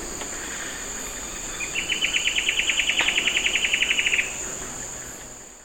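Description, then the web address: Pygmy Antwren giving a high, rapid trill of about twenty evenly spaced notes lasting over two seconds, over a steady insect hum. Recorded in the eastern lowlands of South America. "Natures Songs S America Eastern Lowlands. Pygmy Antwren"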